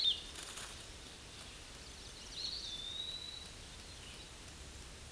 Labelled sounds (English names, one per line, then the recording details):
Eastern Wood-Pewee song
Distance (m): 15 m
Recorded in a Pennsylvania forest on 18 May 2023 at 08:00
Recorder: AudioMoth, point grid1_14_low
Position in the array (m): 78 m, 142 m